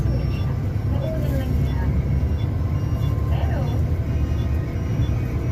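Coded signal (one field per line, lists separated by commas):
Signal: none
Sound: phone emergency alert beeps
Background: speech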